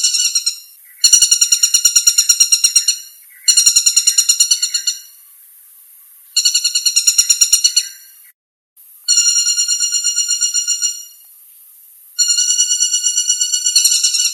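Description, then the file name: Flameback uttering loud, rapid, chattering trills in several bursts of one to two seconds, separated by pauses. "suara pelatuk tunggir emas"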